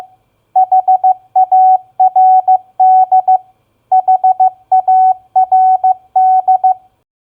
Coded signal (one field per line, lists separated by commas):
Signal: Morse code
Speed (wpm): 15 wpm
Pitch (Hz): 750 Hz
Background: none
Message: HARD HARD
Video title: Morse Code Practice Word Recognition SOFT-FIRM-HARD 15wpm